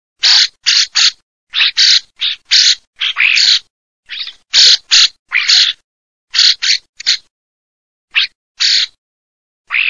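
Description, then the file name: Common starling calls: harsh, rasping bursts in quick clusters of two or three, then pauses, repeated throughout with no other sounds. "STORNOlok"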